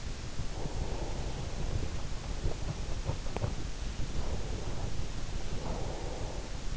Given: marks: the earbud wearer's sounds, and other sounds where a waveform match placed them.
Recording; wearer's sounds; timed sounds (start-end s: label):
sounds in sleep by an in-ear microphone; breath
0.67-3.27 s: breath
3.92-6.77 s: breath